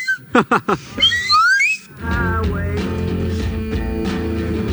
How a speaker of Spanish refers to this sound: Toca el silbato, que es el momento ahora.